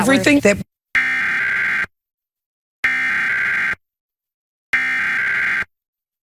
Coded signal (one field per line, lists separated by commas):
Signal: Emergency Alert System (SAME) tones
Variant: header bursts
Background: speech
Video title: New Jersey RMT for June 2023 [EAS #496-509]